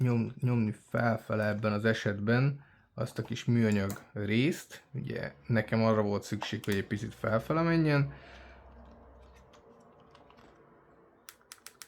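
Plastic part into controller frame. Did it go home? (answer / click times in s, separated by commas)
yes / 11.3 s, 11.5 s, 11.7 s, 11.8 s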